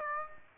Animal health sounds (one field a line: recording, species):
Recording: mosquito wingbeat signal from an infrared sensor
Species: Aedes aegypti